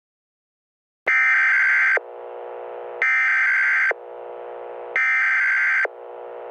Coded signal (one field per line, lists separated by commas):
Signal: Emergency Alert System (SAME) tones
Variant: header bursts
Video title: EAS Scenario: Frederick County To National Fire Outbreak (Part 1)